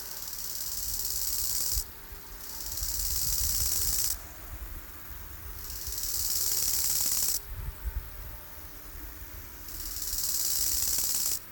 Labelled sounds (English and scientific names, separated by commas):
Bow-winged Grasshopper (Chorthippus biguttulus) stridulation